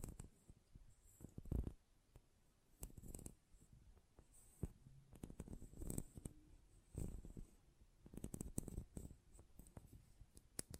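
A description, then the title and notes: Close-up metallic sounds: irregular clicks, scrapes and short clanks arrive in scattered bursts, with louder clusters near 1.5, 3, 6, 7 and 8–9 seconds. Between them, faint rustling and low thumps fill quiet gaps, and the pace never settles into a pattern. ASMR Close Up Metallic Sounds (No Talking).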